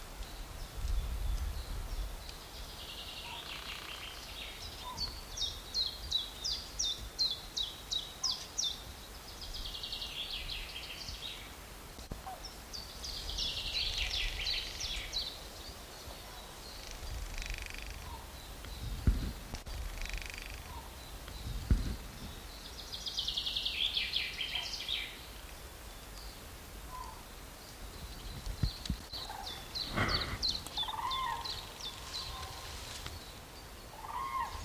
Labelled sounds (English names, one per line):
Common Crane flight call